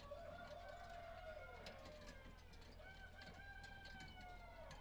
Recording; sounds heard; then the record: poultry house recording; healthy chickens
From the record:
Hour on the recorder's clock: 18